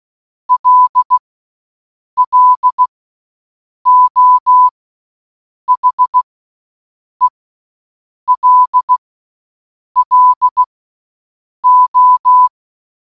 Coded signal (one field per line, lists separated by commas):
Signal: Morse code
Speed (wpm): 16 wpm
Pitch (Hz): 1000 Hz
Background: none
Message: LLO HELLO